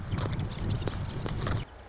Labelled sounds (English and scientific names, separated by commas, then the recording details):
Marsh Wren (Cistothorus palustris)
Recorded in Sonoma County, California